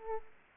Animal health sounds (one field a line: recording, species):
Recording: mosquito wingbeat signal from an infrared sensor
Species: Aedes aegypti